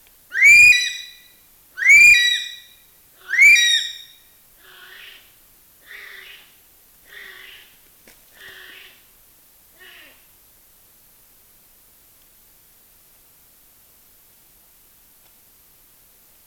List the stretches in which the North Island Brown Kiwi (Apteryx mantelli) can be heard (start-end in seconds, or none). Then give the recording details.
0.00-10.30. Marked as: faintness 1/5. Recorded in New Zealand on 16 June 2014. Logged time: 03:08